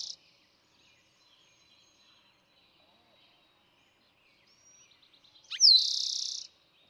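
Eastern towhee singing: the end of a trill at the start, soft chirps, then a complete song of quick introductory notes sliding into a dense buzzy trill.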